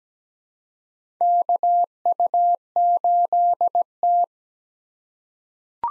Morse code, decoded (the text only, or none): KU8T